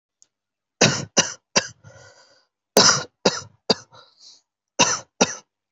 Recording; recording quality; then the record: shallow voluntary cough; excellent, no background noise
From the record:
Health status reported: healthy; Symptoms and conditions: none ticked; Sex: male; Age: 21 years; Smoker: not ticked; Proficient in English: yes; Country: India